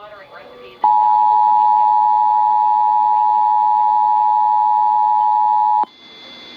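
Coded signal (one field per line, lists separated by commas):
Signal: Emergency Alert System (SAME) tones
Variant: 853 and 960 Hz attention tone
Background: speech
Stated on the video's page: Required weekly test on KDKA with relays.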